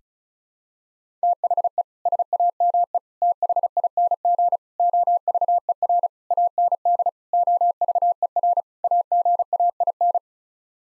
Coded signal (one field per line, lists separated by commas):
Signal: Morse code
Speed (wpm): 36 wpm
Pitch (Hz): 700 Hz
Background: none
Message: THE SAME THING OVER AND OVER AGAIN